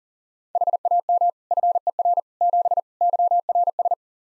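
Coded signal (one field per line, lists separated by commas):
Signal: Morse code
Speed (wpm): 40 wpm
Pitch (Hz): 700 Hz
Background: none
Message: HAM FER 7 YRS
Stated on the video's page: Morse code practice QSO at 40 wpm, "More Information" segment (ham fer, age, occupation), each segment sent, spoken, then sent again.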